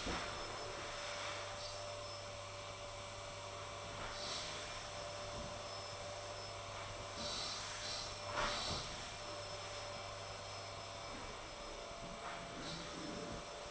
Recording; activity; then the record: daily activity, microphone in the room; vacuum cleaning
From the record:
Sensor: 5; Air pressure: 1000.2 hPa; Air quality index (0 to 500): 118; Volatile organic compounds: 1 ppm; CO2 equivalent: 939 ppm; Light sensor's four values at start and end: 153/360/154/168 and 152/357/153/166